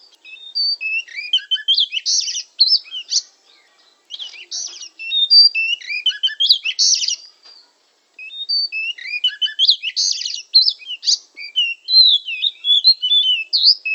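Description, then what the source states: Oriental magpie-robin delivering fast, varied song: rich whistles, rasping bursts and slurred notes in three long phrases separated by short pauses. Described as 'gacor', meaning singing vigorously.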